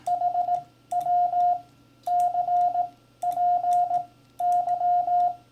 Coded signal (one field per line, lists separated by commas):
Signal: Morse code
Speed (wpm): 18 wpm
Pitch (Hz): 710 Hz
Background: radio noise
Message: HW CPY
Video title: How CW Ops Speak - Turning it Over